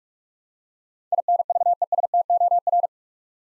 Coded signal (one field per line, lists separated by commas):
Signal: Morse code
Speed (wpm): 46 wpm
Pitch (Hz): 700 Hz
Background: none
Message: INVESTOR